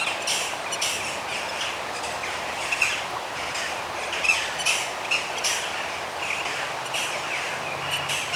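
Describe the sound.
Bird chorus of quick bright chirps, a few clearer notes standing out around the middle, over constant hissing noise.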